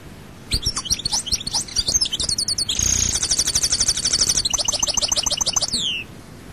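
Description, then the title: European goldfinch song: a fast, liquid twittering run with a drawn-out nasal buzz in the middle, ending in a descending slurred note. "Chant Chardonneret"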